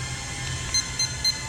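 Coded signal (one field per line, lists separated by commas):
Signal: beep code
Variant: toy drone controller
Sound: three short, evenly spaced high-pitched beeps over a low background hum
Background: room hum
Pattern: 3 short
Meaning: Three beeps mean the third, faster speed rate is selected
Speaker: yep, we have 3 beeps there. A little quicker.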